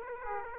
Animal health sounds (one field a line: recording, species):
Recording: mosquito wingbeat signal from an infrared sensor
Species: Aedes aegypti